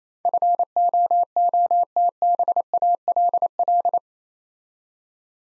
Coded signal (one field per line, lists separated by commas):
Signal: Morse code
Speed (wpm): 27 wpm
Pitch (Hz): 700 Hz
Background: none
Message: FOOTBALL